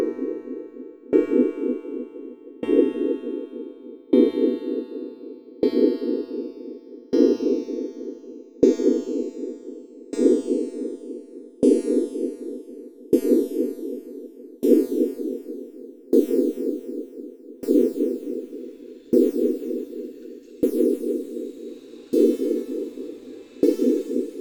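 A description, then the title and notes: Synthesized noise pulses in a steady rhythm, about every one and a half seconds, each hit starting with a sharp bang-like attack. A thick low-mid drone fills each pulse while the upper ringing grows brighter and more metallic as the sequence goes on. Audio: Synthesized Noise and Banging with Python3 -> Numpy.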